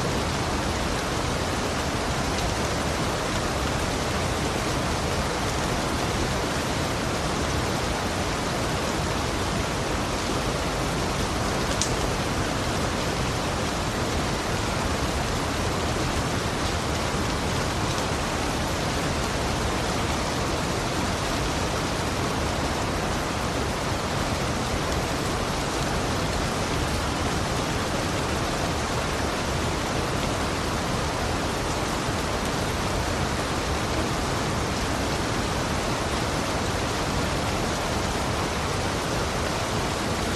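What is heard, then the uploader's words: Steady, dense rain hisses evenly across all pitches for the whole stretch, unchanging in loudness, with one brief brighter tick near twelve seconds. Serene Rain.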